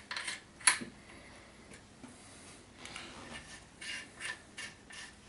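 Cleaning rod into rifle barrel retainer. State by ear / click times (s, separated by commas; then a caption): not seated / none. A steel cleaning rod is handled under the barrel of an AK-pattern rifle, pushed back and lifted slightly toward its spring-pin retainer. A sharp metallic tick sounds at 0.7 s, followed by soft rubbing and scraping noises. Nothing has seated or clicked into place yet.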